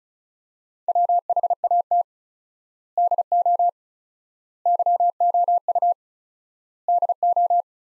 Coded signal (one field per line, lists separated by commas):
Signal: Morse code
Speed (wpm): 36 wpm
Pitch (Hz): 700 Hz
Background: none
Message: WHAT DO YOU DO